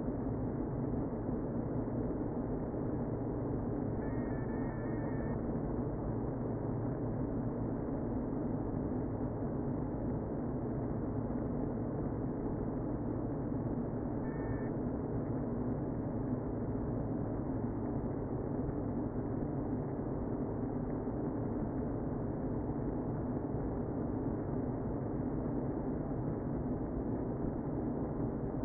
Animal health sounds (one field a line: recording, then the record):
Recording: honeybee colony, microphone inside the hive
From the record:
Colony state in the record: queen present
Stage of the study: before two queens were removed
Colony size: about 60,000 bees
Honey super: yes